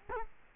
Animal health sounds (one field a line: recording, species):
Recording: mosquito wingbeat signal from an infrared sensor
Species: Culex quinquefasciatus